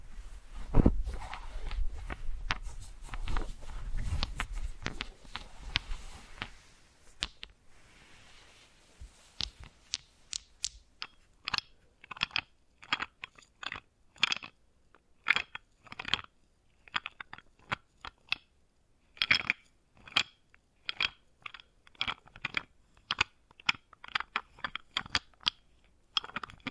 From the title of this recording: Wooden Ball Triggers